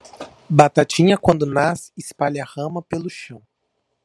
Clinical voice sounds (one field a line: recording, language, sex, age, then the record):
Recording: short text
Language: Brazilian Portuguese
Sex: male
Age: 30 to 39 years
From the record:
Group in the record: control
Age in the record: 31 years